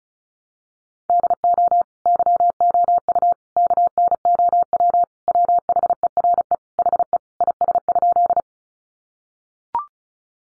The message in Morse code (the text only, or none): DO YOU KNOW WHERE HE IS?